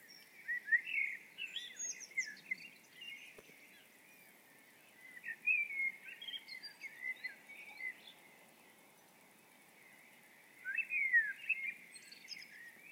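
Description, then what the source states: Birds singing, several bursts of quick chirps and twitters separated by short lulls, over a continuous faint chorus. Birds singing at dawn.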